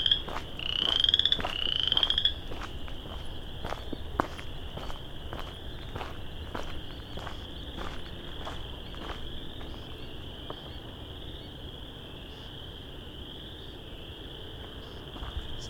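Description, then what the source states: Frog chorus, a steady high-pitched trilling drone throughout, with footstep-like clicks and a few rising whistled bird notes near the start. Many frogs calling.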